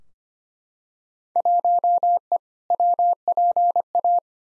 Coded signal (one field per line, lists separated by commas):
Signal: Morse code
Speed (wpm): 25 wpm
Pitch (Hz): 700 Hz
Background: none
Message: 1E WPA